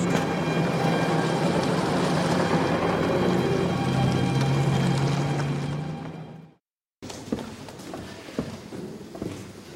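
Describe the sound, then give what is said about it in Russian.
A car engine rumbles with a steady low drone as people get into the car and drive away, then dies away after about six seconds. A moment of silence follows before a quieter, different background with scattered small knocks. “Садятся в машину, уезжают.”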